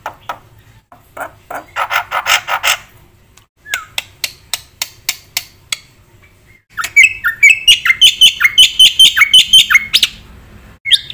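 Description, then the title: Black-winged myna singing loud, varied phrases: harsh rasping bursts, a run of sharp clicking notes, then rapid repeated whistled and buzzy notes. Jalak putih song recording for bird training (masteran), used for lure (pancingan) and masteran, full of rapid fill-ins (isian cepat), bird singing energetically (gacor). "Pasti Nyautsuara Burung Jalak Putih Gacor Full Isian Cepat Untuk PANCINGAN Dan MASTERAN. Gacor Untuk Masterran"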